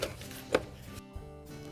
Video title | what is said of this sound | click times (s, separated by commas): Maytag Dishwasher Repair – How to replace the Door Switches and Holder Assembly | And we need to make sure that those line up and snap into place. | 0.6 s